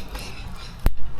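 An engine wiring harness connector on a 7th generation Celica is pushed onto its mating socket after the oil control valve has been refitted. A single sharp click sounds at 0.9 s over low background noise, and the connector is seated, confirmed connected.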